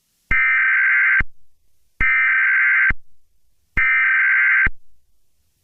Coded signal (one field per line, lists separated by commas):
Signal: Emergency Alert System (SAME) tones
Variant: header bursts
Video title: EAS Scenario #40: A Race Against Time